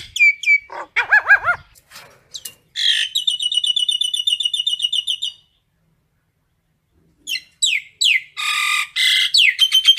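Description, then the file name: Common myna calls mixing looping whistles, a long fast rattling trill, then harsh squawks and shrill whistled notes after a short silence. Calls given to gather the flock. "Tieng sao nau goi bay"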